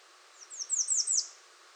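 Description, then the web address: American redstart song: a rapid string of five high, wispy notes sliding downward, the last ones strongest. Recorded 21 June 2019. "soundrecordings 2019-06-21 American Redstart"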